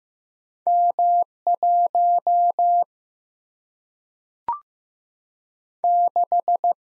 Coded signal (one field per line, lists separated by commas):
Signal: Morse code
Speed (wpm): 15 wpm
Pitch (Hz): 700 Hz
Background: none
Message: M1 6